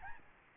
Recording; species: mosquito wingbeat signal from an infrared sensor; Aedes albopictus